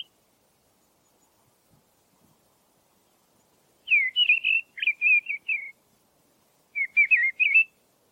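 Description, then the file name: Mistle thrush giving two fluty warbled phrases of quick wavering whistles, the second following after roughly an one-second gap, otherwise quiet. "grive-draine-timo s"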